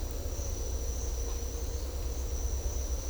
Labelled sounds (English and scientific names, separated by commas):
none